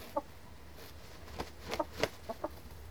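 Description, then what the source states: Chickens clucking in short sharp bursts mixed with scratching and scuffling sounds over a low hum. Cockerel and hens scratching.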